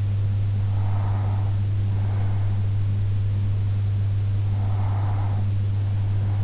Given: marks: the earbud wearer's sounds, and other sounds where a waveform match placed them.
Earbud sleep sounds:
sounds in sleep by an in-ear microphone; breath
0.44-2.44 s: breath
4.44-6.44 s: breath

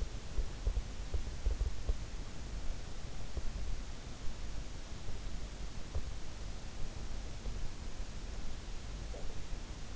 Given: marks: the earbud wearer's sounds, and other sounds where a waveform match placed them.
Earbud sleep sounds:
sounds in sleep by an in-ear microphone; teeth grinding
0.00-2.54 s: teeth grinding

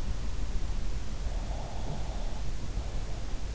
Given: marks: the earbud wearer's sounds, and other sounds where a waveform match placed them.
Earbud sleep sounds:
sounds in sleep by an in-ear microphone; breath
1.33-3.49 s: breath
1.76-2.08 s: sound from someone else or the room

